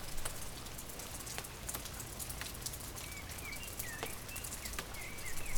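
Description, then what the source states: Bird song, a run of quick curling chirps in the second half, set against heavy rain hissing and drops falling. Recorded during rain.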